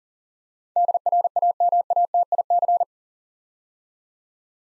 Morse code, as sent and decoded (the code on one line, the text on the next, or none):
-.. .-. .- -- .- - .. -.-.
DRAMATIC